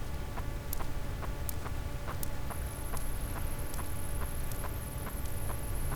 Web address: Physeter Macrocephalus cachalot